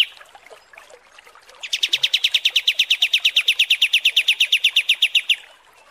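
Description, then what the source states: Kapas tembak song: after a few soft notes, a steady rattling trill of many quick, evenly spaced notes lasting nearly four seconds. Masteran training recording.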